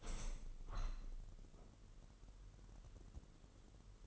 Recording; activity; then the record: daily activity, microphone in the room; open window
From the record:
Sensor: 4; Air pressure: 999.0 hPa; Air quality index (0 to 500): 126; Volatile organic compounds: 2 ppm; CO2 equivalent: 1242 ppm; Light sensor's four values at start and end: 8/19/7/8 and 8/19/7/8